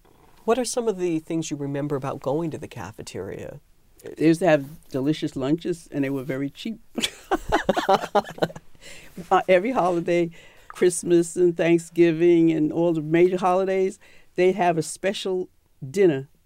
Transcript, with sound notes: What are some of the things you remember about going to the cafeteria?
They used to have delicious lunches and they were very cheap. (Both laugh) Every holiday -- Christmas and Thanksgiving and all the major holidays -- they'd have a special dinner,